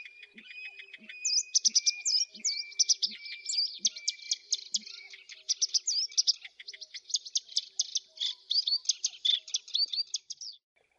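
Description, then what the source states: Black-browed reed warbler giving a long, rapid chattering song of buzzy and squeaky notes, with a steady tone and soft low knocking sounds in the first part. Masteran training recording.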